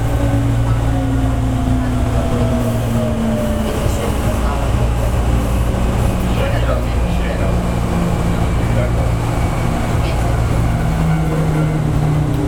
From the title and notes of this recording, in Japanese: 阪急電鉄 3100系の走行音です。収録区間は伊丹線。伊丹から塚口までです。